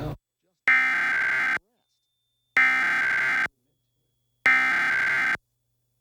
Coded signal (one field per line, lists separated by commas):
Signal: Emergency Alert System (SAME) tones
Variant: header bursts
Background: speech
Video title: Pennsylvania Required Monthly Tests (3/17/22)(EAS 1130-1135)